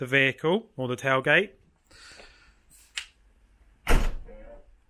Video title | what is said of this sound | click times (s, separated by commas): VW Transporter T6 Tailgate Soft Close & Power Latch | you probably heard it there it's a very short very sharp noise that it makes | 3.0 s